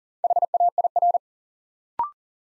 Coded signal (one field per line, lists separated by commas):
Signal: Morse code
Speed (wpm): 39 wpm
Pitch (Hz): 700 Hz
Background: none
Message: HAIR